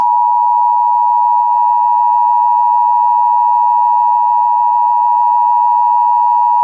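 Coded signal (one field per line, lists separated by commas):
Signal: Emergency Alert System (SAME) tones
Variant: 853 and 960 Hz attention tone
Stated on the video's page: Simulated Emergency Alert System scenario, a fictional production.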